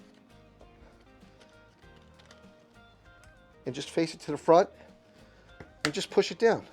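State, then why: Not seated. A lamp socket clip is turned so its knob faces the front, lining it up on the lamp before it is pushed down. Faint handling noises sit under quiet background music, and then someone talks. Nothing has seated or clicked yet.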